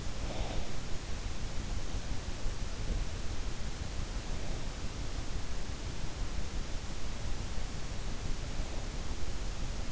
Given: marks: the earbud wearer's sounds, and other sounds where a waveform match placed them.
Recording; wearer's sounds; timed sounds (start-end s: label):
sounds in sleep by an in-ear microphone; breath
0.00-1.35 s: breath